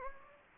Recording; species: mosquito wingbeat signal from an infrared sensor; Anopheles gambiae